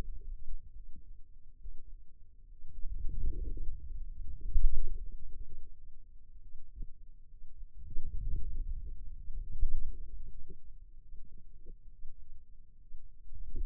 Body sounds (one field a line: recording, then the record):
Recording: forearm muscle sounds (acoustic myography)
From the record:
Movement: inward rotation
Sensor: system 2, bracelet of six BSWA MPA416 microphones around the upper forearm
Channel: 5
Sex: male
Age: 22 years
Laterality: right